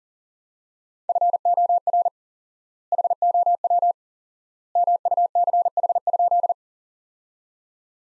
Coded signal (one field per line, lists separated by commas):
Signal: Morse code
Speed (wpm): 40 wpm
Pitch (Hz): 700 Hz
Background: none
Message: FOR HOW MUCH?